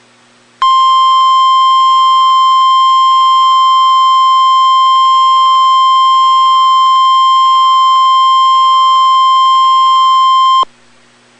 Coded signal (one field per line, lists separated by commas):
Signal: Emergency Alert System (SAME) tones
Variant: 1050 Hz attention tone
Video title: EAS Alerts #123-124